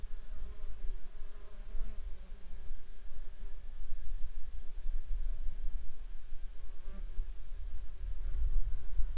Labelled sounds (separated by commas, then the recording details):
insects
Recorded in the Arctic National Wildlife Refuge, Alaska, on 21 June 2019 at 10:27
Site 33